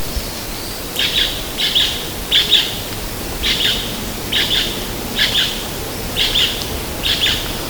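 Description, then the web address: Bird calls: short, harsh, clustered notes high in pitch, repeated in a series of several bursts, over steady background noise. "BIRD 2015 SABIOD"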